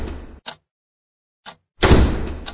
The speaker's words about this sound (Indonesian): Sampai terdengar lagi suara gedoran.